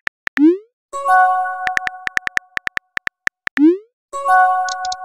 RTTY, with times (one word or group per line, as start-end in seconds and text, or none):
none